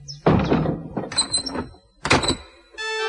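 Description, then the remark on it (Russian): A wooden shed door bangs shut with a few heavy thuds and a metallic rattle, followed by a short, scraping squeal as a bolt or latch is shoved into place to lock it. No one speaks. “Эмиль плакал, только пока папа не запер за собой дверь сарая.”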